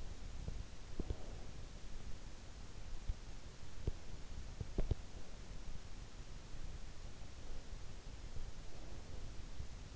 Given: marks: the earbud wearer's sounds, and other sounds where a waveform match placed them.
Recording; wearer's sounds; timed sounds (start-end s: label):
sounds in sleep by an in-ear microphone; teeth grinding
0.00-1.96 s: teeth grinding
3.61-5.62 s: teeth grinding